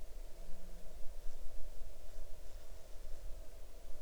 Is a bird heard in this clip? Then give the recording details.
no. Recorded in the Arctic National Wildlife Refuge, Alaska, on 6 July 2019 at 00:28. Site 39